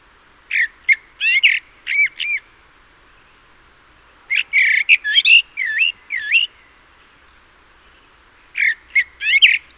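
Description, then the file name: Common blackbird with rapid series of grating, chattering notes in three bursts, some notes swooping down then up. "Turdus merula"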